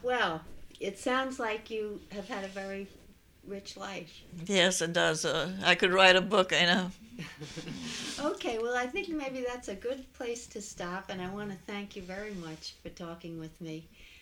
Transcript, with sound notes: Well, it sounds like you have had a very rich life.
Yes, it does. I could write a book. ( they laugh )
Okay, well, I think maybe that's a good place to stop, and I want to thank you very much for talking with me.